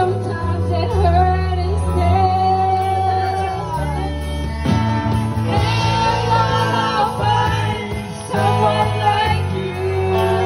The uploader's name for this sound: Street Food place in chiangmai